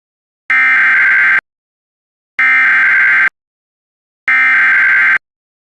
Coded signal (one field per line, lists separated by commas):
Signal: Emergency Alert System (SAME) tones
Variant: header bursts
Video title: EAS #557 Immediate Evacuation